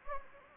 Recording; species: mosquito wingbeat signal from an infrared sensor; Anopheles gambiae